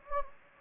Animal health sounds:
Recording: mosquito wingbeat signal from an infrared sensor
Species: Anopheles gambiae

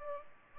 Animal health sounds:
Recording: mosquito wingbeat signal from an infrared sensor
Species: Culex pipiens

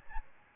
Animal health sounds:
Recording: mosquito wingbeat signal from an infrared sensor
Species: Aedes albopictus

